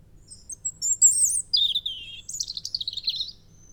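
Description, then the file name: European robin song, a run of thin high whistles and trills shifting abruptly in pitch, with a fast tinkling twittered ending; no other sounds. "Erithacus rubecula"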